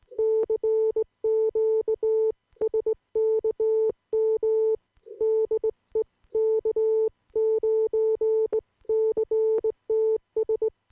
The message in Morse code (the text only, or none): CQ SKM DE K9CTS